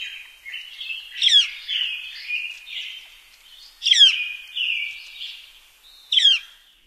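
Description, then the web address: Northern Flicker calls, soft wavering squeaky notes broken by sharp descending chirps repeated roughly every two and a half seconds. "Songs of Birds of North America Stokes. Northern Flicker"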